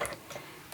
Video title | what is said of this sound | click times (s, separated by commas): DIY Stanley Tumbler Name Tags with Sublimation | First of all, the large ones, they sort of pop into place like they're not going anywhere, they're not gonna move. | 0.0 s